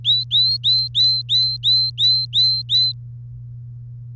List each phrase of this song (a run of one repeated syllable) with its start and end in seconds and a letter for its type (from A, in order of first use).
0.04-2.92 A